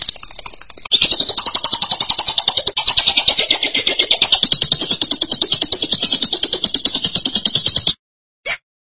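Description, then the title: Lovebird song: a soft start, then a loud, fast, rattling high trill held for about seven seconds, ending with one short separate burst. "BM Suara Burung Lovebird"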